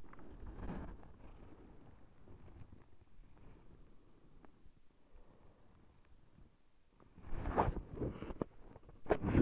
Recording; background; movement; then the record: deep breathing; quiet; sitting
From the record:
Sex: female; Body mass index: 36.4 kg/m2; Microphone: on the chest, facing the body